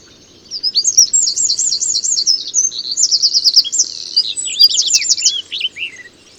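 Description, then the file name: Eurasian wren pouring out a long, high, rapid song of rattling trills and sharp twittering notes, dropping lower at the close before falling quiet. "Troglodytes troglodytes"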